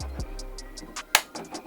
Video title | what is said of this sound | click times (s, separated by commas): Oculus Quest 2 NEW Version Bundle & Anker Oculus Quest 2 Charging Dock | there you go nice click because effectively what happens oh | 1.1 s